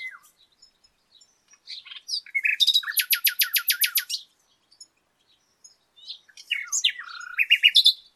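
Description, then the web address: Common nightingale song opening with faint scattered notes, building into a loud, rapid run of identical sharp notes, then silence and another chattering phrase. "pub SETE data Luscinia megarhynchos"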